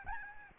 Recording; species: mosquito wingbeat signal from an infrared sensor; Aedes albopictus